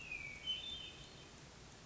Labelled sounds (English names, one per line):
Hermit Thrush